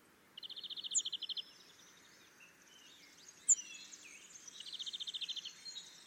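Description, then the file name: Great tit call: a fast rattling series of short notes in two bursts, with brief thin high notes between them. "Parus major"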